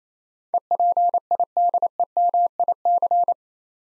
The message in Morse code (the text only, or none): EPIDEMIC